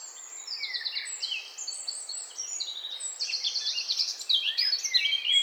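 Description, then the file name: Eurasian blackcap song: a continuous, busy warble of short high chirps and quick slurred notes, growing louder towards the end. "Sylvia atricapilla"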